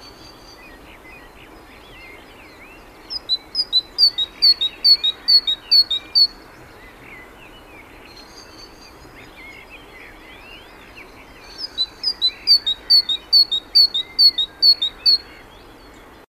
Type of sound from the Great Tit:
song